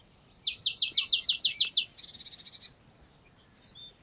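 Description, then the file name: Marsh tit call: a fast, regular string of about nine loud chattering notes, trailing into a softer, quicker run, then faint high chirps. "Poecile palustris"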